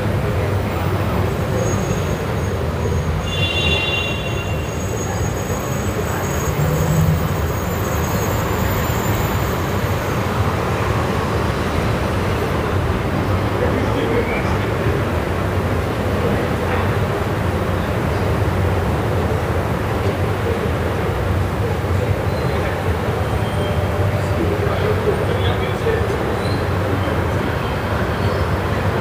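Evening street sound on Via Moscova in Milan, a steady, dense wash of traffic rumble that barely changes across the half minute. Low engine noise dominates, with faint voices and a few brief high tones around four to seven seconds.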